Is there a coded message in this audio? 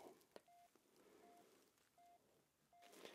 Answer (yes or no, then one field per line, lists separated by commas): no